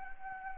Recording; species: mosquito wingbeat signal from an infrared sensor; Anopheles arabiensis